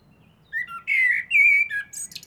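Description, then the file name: Eurasian blackbird song: a flowing low whistled phrase, wavering gently, closing with thin high squeaky notes. "Turdus merula"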